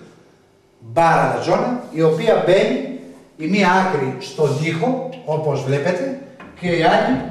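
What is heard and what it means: A steel door security bar is being fitted across a door, with one end set into a wall-mounted hook beside the door. Someone talks throughout, and the bar's other end has not yet dropped into the opposite bracket, so nothing has seated or clicked yet.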